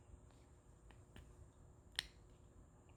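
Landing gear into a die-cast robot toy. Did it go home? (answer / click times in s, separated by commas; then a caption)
yes / 2.0 s. The landing gear on a Voltes V GX-31V (40th Anniversary) die-cast metal and plastic robot figure is moved, with faint ticks at about 0.9 and 1.2 seconds over low background hiss. A sharp click at 2.0 seconds marks the landing gear clicking into place.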